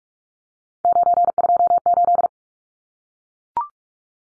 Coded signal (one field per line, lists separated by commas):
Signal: Morse code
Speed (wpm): 44 wpm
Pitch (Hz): 700 Hz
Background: none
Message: 928